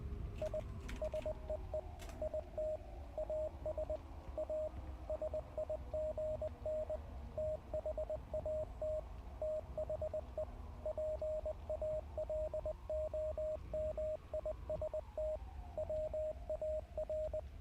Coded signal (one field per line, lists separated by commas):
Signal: Morse code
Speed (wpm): 20 wpm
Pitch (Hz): 620 Hz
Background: radio noise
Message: I SEE IT AS A SIGN THAT THE PALOMIST WAR